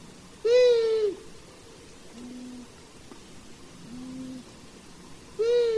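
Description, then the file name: Long-eared owl calling: harsh, drawn-out squeals that dip at the end, two loud ones about five seconds apart, with softer low hooting notes in between. "Hibou moyen duc"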